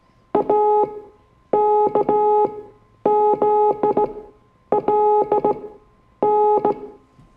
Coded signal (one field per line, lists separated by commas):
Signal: Morse code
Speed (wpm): 17 wpm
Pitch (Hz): 420 Hz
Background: music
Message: AKZLN